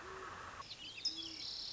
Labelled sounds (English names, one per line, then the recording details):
Great Horned Owl
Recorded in Sonoma County, California